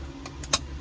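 An electrical wiring harness connector is pushed back into the climate control panel of a 2011 Jeep Grand Cherokee during a repair for sticking buttons. Two faint ticks at 0.3 s and 0.4 s are followed by a sharp, bright snap at 0.5 s over a steady low hum. The connector snaps into place and is seated.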